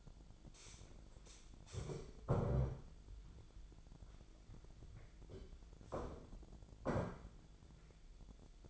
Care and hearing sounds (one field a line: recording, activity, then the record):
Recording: daily activity, microphone in the room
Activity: stand up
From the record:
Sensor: 5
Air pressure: 1008.0 hPa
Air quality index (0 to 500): 154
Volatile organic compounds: 3 ppm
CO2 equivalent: 1478 ppm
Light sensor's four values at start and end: 58/163/63/63 and 58/163/63/63